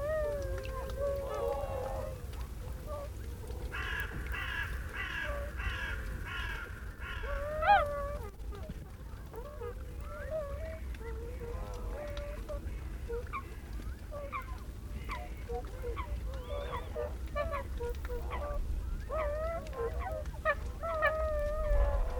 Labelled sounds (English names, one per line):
Tundra Swan call